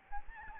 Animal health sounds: mosquito wingbeat signal from an infrared sensor; Aedes albopictus

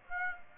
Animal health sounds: mosquito wingbeat signal from an infrared sensor; Aedes aegypti

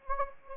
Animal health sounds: mosquito wingbeat signal from an infrared sensor; Anopheles gambiae

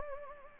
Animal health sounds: mosquito wingbeat signal from an infrared sensor; Anopheles gambiae

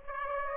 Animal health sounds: mosquito wingbeat signal from an infrared sensor; Aedes aegypti

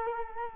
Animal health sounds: mosquito wingbeat signal from an infrared sensor; Culex quinquefasciatus

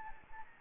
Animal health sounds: mosquito wingbeat signal from an infrared sensor; Anopheles gambiae

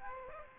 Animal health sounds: mosquito wingbeat signal from an infrared sensor; Aedes aegypti

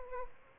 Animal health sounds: mosquito wingbeat signal from an infrared sensor; Aedes albopictus

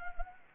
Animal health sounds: mosquito wingbeat signal from an infrared sensor; Anopheles gambiae

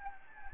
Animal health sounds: mosquito wingbeat signal from an infrared sensor; Anopheles gambiae

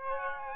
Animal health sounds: mosquito wingbeat signal from an infrared sensor; Aedes aegypti

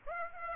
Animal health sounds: mosquito wingbeat signal from an infrared sensor; Aedes aegypti

